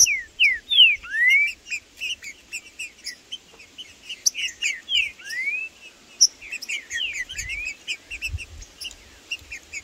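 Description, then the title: Green-winged saltator singing short bursts of curved, whistled notes, repeated several times, with many tiny high chips filling the background. Trinca-ferro in the bush chirping (piando), singing and macheando (male display) in competition with a free bird; birds named Blindado and Tufão. "Esse É PERFEITO Para ESQUENTAR Seu TRINCA Piando, Cantando E Macheando Na DISPUTA. Trinca Ferro no MATO Cantando e Macheando muito com Solto! Blindado e Tufão no mato"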